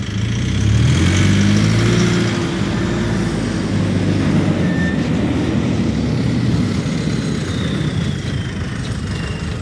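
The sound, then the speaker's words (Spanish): Heavy trucks entering a newspaper building rumble steadily with deep engine drone and low harmonic tones, a continuous loud mechanical roar with faint higher whines, and no voices. “Eso que suena son los camiones entrando al edificio del periódico.”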